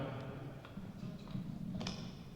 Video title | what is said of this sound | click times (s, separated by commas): Lil' Iguana Live! Lesson: Buckle Up | what sound did that mean a click sound so that means everybody's safe | 1.9 s